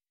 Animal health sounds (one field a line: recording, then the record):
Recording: hydrophone in a shrimp aquaculture tank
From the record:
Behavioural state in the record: weakened